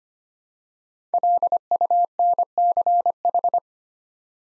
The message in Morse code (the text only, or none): LUNCH